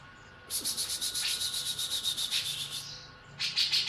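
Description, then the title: Grey-cheeked bulbul producing a fast, rasping trill of buzzy pulses for over two seconds, then a short pause and a fresh harsh burst. "Cucak Jenggot"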